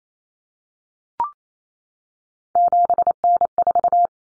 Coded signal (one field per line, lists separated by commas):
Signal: Morse code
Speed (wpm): 28 wpm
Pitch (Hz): 700 Hz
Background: none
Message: 7N4